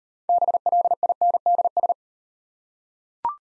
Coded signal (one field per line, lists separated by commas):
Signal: Morse code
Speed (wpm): 39 wpm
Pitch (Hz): 700 Hz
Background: none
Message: BLINDS